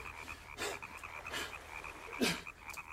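Three harsh, raspy coughs come in uneven bursts, the last the loudest, over a steady high-pitched hum with no voices.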